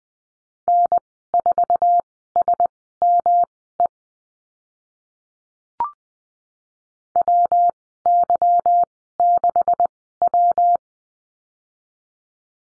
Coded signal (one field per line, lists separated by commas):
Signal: Morse code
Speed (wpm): 20 wpm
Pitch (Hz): 700 Hz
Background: none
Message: N4SME WY6W